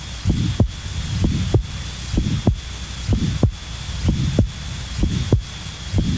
Aortic prosthetic valve sound and murmur. All prosthetic valves in the aortic and mitral positions are associated with a soft, early systolic or mid-systolic ejection murmur. This murmur is heard best over the tricuspid, mitral, and aortic areas and sounds similar to the mild aortic stenosis murmur.